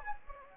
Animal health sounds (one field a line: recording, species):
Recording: mosquito wingbeat signal from an infrared sensor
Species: Anopheles gambiae